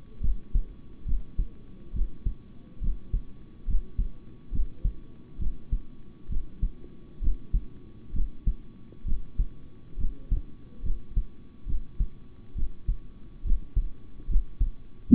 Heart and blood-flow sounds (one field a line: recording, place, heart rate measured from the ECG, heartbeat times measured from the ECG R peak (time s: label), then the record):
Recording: heart sounds by stethoscope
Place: between the tricuspid and mitral areas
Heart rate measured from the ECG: 68 bpm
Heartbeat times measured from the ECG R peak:
0.20 s: heartbeat
1.05 s: heartbeat
1.93 s: heartbeat
2.80 s: heartbeat
3.66 s: heartbeat
4.51 s: heartbeat
5.38 s: heartbeat
6.28 s: heartbeat
7.20 s: heartbeat
8.12 s: heartbeat
9.04 s: heartbeat
9.97 s: heartbeat
10.82 s: heartbeat
11.66 s: heartbeat
12.55 s: heartbeat
13.43 s: heartbeat
14.28 s: heartbeat
15.10 s: heartbeat
From the record:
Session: rest, sitting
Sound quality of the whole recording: good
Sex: male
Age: 26 years